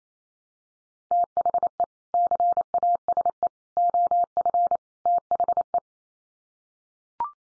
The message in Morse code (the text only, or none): THE CASE OF THE